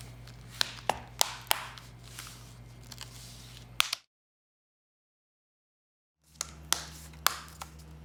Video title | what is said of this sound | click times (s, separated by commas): Dell 3100 LCD Repair - Step-by-Step Disassembly and Replacement | the rest of the bezel will then easily snap into place. | 0.6 s, 1.2 s, 1.5 s, 3.8 s, 6.7 s, 7.3 s